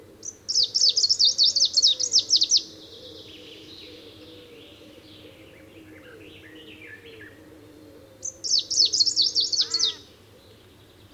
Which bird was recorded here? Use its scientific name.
Phylloscopus trochiloides